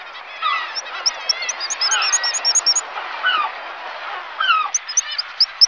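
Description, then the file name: Black guillemot whistles: thin, high peeping notes in quick runs, repeated in two bursts, over a steady chatter of lower, harsher bird calls. "alkoun-holubí"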